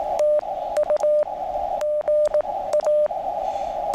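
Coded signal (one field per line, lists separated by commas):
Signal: Morse code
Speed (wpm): 16 wpm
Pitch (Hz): 600 Hz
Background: radio noise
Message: TU GA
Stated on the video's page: QRP CW POTA activation from Great Smoky Mountains National Park using a QCX mini.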